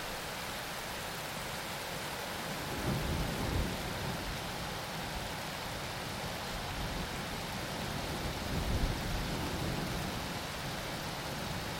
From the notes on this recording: a powerful thunderstorm, stron winds and wildlife calling on the Roof of Africa